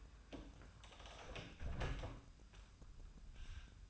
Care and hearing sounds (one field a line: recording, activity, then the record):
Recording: daily activity, microphone in the room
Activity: close door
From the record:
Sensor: 2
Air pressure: 1004.7 hPa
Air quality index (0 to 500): 74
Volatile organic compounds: 1 ppm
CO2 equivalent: 880 ppm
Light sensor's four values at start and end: 7/17/7/7 and 7/16/7/7